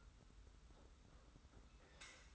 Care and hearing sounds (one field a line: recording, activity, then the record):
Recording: daily activity, microphone in the room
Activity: take from stove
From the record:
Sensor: 3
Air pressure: 991.1 hPa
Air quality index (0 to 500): 102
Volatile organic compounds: 36 ppm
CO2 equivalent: 3070 ppm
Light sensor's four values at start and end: 45/124/51/44 and 45/124/51/44